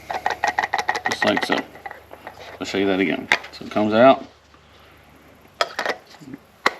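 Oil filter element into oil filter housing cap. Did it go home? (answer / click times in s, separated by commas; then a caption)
yes / 6.7 s. Someone talks while an oil filter element is pulled out of the oil filter housing cap of a Jeep Gladiator and then pushed back in. A few soft clicks and rattles follow, then a sharp click at 6.7 s as the element pops back into the cap and seats in place.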